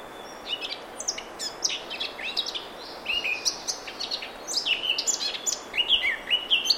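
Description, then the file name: Eurasian blackcap song, a rapid, varied warble of high chattering and whistled notes running almost continuously. "Sylvia atricapilla"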